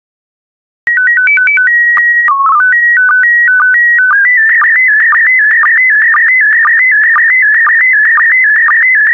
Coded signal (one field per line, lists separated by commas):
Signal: SSTV (slow-scan television)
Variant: PD 120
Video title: 25068 Food SSTV PD120